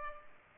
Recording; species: mosquito wingbeat signal from an infrared sensor; Culex pipiens